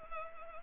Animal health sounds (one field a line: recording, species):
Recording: mosquito wingbeat signal from an infrared sensor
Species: Anopheles arabiensis